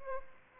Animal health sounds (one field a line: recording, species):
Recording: mosquito wingbeat signal from an infrared sensor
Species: Aedes albopictus